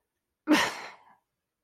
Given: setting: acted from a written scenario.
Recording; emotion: vocal sound without words; contempt